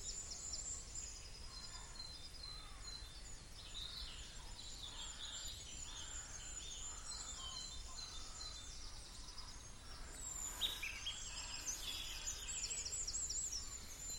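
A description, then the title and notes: Dawn chorus in a West Country oak wood, with many birds singing at once in a dense, steady tangle of high chirps, trills and thin whistles. Song thickens and brightens after about ten seconds, with a sharp high call near eleven seconds, over a constant low hiss. The dawn chorus from a West Country oak wood. An oak woodland on a small hill in the West Country. It's 5am and the weather is cool and dry. Blackbirds, wrens, robins and goldcrests lead the dawn chorus to welcome the new day. Recorded by Lucy Pendrick.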